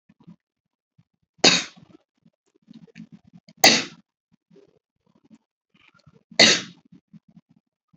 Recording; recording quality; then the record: shallow voluntary cough; excellent, no background noise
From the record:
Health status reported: healthy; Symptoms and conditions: none ticked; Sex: female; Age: 53 years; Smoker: not ticked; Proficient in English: yes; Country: India